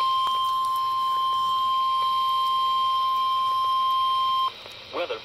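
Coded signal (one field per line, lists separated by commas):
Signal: Emergency Alert System (SAME) tones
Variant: 1050 Hz attention tone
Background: speech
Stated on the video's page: Weather radio SAME tones received from NOAA station WWG53.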